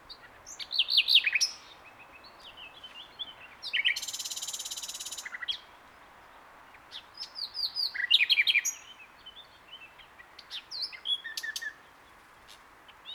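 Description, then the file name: Common nightingale song, varied phrases of whistles and chirps with a loud buzzing rattle, separated by short pauses. "Luscinia megarhynchos"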